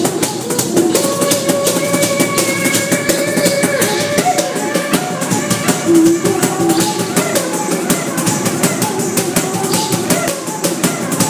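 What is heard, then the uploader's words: A didgeridoo drones steadily in a station, its overtones shifting, while sharp clicks and clatter tick constantly over a dense, echoing background. Digeridoo! at Atlantic pacific stop.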